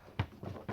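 A spring clip on the plastic air filter housing of a GM LS4 V8 engine is closed over the lid after the filter is fitted, giving a single sharp snap at 0.2 s, followed by softer handling sounds. The clips are seated and the housing holds solid.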